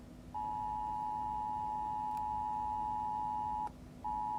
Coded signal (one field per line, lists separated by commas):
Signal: Emergency Alert System (SAME) tones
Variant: 853 and 960 Hz attention tone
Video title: Rating eas alarms 2